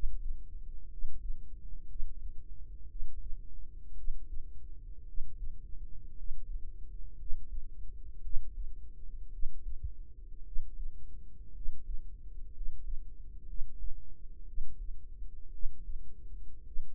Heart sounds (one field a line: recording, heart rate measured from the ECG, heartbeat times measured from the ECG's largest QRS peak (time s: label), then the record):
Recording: heart sounds by microphone in the right ear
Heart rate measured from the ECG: 57 bpm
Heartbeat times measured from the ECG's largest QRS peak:
0.86 s: heartbeat
1.85 s: heartbeat
2.85 s: heartbeat
3.93 s: heartbeat
5.03 s: heartbeat
6.12 s: heartbeat
7.14 s: heartbeat
8.19 s: heartbeat
9.28 s: heartbeat
10.41 s: heartbeat
11.50 s: heartbeat
12.50 s: heartbeat
13.43 s: heartbeat
14.43 s: heartbeat
15.48 s: heartbeat
16.62 s: heartbeat
From the record:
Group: healthy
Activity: rest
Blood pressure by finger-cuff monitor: 95/47 mmHg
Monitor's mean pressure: 60 mmHg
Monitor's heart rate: 56 bpm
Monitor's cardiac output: 5 L/min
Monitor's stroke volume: 88 mL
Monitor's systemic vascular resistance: 830 dyn s/cm5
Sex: male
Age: 25 years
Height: 170 cm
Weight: 70.4 kg